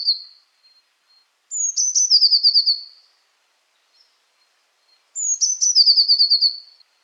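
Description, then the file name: Eurasian blue tit calling twice: each call opens with thin high notes and runs into a quick descending series of buzzy chirps, lasting about one and a half seconds. "Cyanistes caeruleus"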